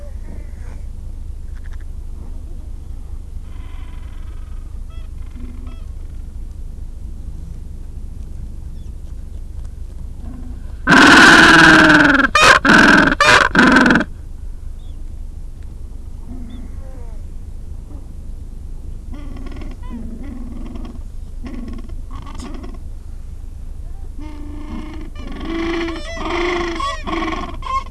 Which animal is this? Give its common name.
Gentoo Penguin